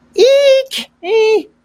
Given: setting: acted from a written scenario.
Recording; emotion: vocal sound without words; shame